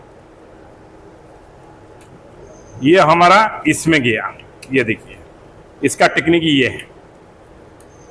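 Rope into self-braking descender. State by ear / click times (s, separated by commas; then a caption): seated / 7.8 s. A rope is fitted into a self-braking descender and the device is closed while someone talks. A single short click sounds at 7.8 s as the descender locks closed on the rope, seating it.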